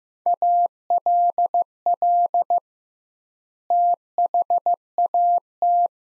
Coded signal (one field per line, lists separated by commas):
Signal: Morse code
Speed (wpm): 15 wpm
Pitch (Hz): 700 Hz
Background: none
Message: ALL THAT